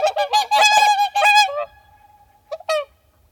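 Whooper swan giving loud, brassy honks in quick succession, then a faint drawn-out tone and two final short trumpeting notes.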